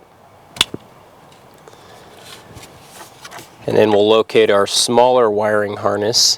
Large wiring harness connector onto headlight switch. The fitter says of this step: and I'm going to slide that on till I hear a click